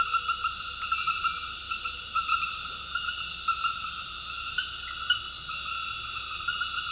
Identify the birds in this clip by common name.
none